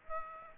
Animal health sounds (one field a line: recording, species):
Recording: mosquito wingbeat signal from an infrared sensor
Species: Aedes aegypti